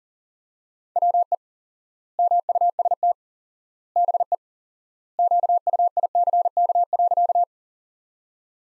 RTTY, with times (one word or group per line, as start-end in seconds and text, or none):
none